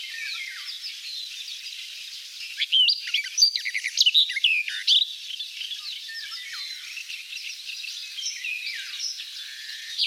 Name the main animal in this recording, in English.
Barred Warbler